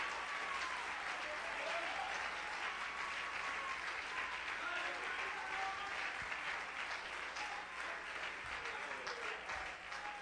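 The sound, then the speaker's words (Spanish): A church audience claps steadily and loudly for several seconds in applause for Christ during worship, a dense, continuous patter of many hands with a few voices calling out over it. “Dale, dale un aplauso a Cristo, que Él se lo merece.”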